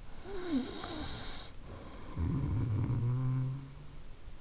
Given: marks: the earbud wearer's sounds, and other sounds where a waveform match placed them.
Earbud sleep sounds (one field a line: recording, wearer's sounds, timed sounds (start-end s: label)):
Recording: sounds in sleep by an in-ear microphone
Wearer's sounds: snoring breath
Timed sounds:
0.01-3.84 s: snoring breath